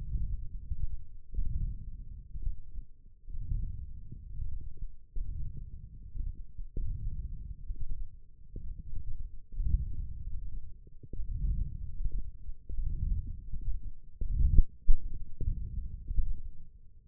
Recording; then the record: forearm muscle sounds (acoustic myography)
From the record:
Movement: wrist extension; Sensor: system 1, eight BSWA MPA416 microphones around the upper forearm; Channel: 1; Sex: male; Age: 21 years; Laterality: right